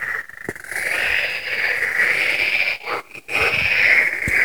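Frogs calling in a dense, continuous chorus, a steady buzzing drone that drops out briefly a few times.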